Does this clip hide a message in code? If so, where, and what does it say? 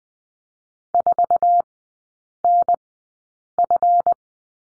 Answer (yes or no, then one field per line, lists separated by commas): yes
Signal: Morse code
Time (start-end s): 0.9-4.1 s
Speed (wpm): 19 wpm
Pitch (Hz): 700 Hz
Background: none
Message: 4NF